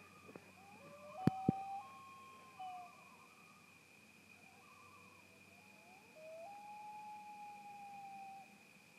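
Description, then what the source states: Loon sounding short tremolo phrases early, then a long, level mournful wail, with two sharp knocks near the start. Recorded at Sunset Lodge on 10 September 2018.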